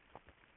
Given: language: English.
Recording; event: throat vibration sensor signal played as sound; swallow